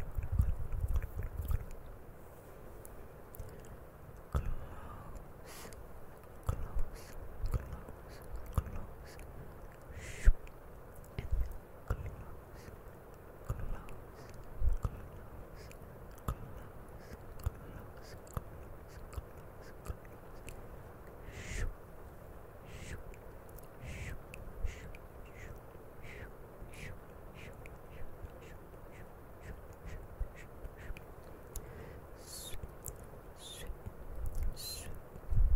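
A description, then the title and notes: Mouth sounds made close to a camera, with small wet clicks and smacks scattered unevenly through the whole stretch, some in quick clusters. Occasional soft low thumps of the camera being touched mix in, over a steady low hiss. CAMERA TOUCHING E MOUTH SOUNDS.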